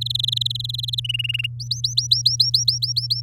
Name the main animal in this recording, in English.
Domestic Canary